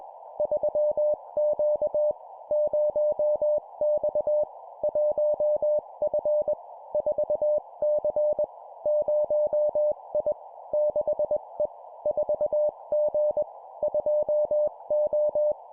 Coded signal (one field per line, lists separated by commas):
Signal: Morse code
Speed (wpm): 20 wpm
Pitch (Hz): 600 Hz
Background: none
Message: 3Q 0X 1F 4C 0I 6E 4G 2O